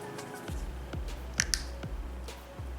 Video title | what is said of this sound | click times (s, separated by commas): ANDIS OUTLINER REVIEW - Andis T Outliner Vs Andis Outliner 2 - T-Blade Vs Square Blade | it goes on top and it just snaps into place | 1.4 s, 1.5 s